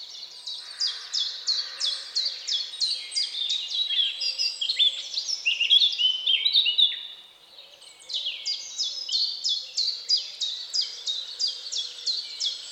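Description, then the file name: Birds singing long trains of high, falling notes, broken by a brief jumbled phrase and a short pause before resuming. Recorded at dawn. "Odgłosy-Natury-Świt-i-ptaki"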